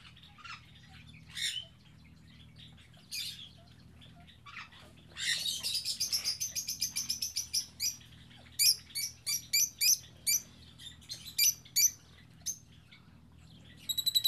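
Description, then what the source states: Birds chirping, with short high notes scattered early, a burst of rapid chattering around the middle, then a string of evenly spaced sharp chips toward the end. Birds in an aviary on Spetses.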